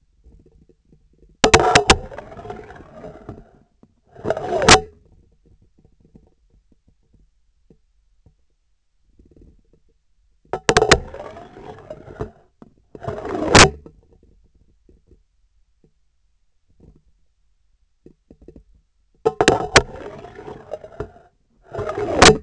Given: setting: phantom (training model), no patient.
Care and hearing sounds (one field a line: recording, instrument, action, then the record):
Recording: laparoscopic instrument, vibration sensor on the handle end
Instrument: scissors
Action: insertion and removal through the trocar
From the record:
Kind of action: spatial motion